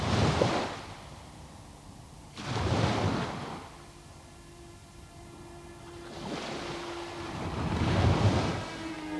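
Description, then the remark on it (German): Ocean waves break on a beach in three broad, hissing surges, each swelling and washing back into a softer rumble between crashes, with a faint steady hum underneath and no voices. “Am Strand.”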